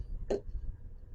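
Pressing on the LCD screen bracket of a Canon SX540 camera that hit concrete pops the screen off its sticky adhesive pad on the camera body. A single sharp, bright pop sounds at 0.3 s over a low background rumble. The screen comes free.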